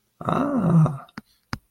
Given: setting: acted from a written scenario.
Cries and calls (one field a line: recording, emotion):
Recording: vocal sound without words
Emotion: elation